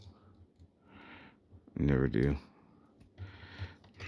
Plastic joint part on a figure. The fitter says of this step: it feels like there's a locking point there but not